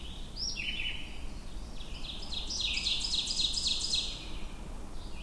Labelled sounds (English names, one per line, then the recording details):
Ovenbird song
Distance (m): 25 m
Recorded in boreal forest in Alberta, Canada, on 22 June 2016 at 06:53
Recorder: SongMeter 3, array SBT-6-76
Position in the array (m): 25 m, 128 m
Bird 2